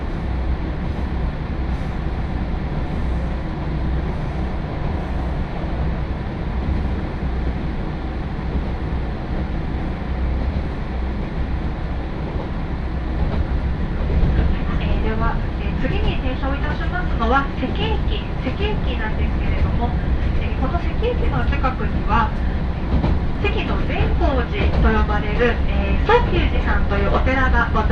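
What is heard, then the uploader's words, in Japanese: Nagaragawa Railway Nagara No. 2 train runs with a steady low rumble, and from about fifteen seconds voices chatter over it. 耳で楽しむ鉄道旅 長良川鉄道 ながら２号 美濃市→美濃太田。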